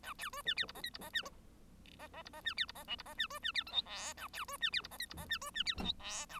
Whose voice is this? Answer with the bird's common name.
Bengalese Finch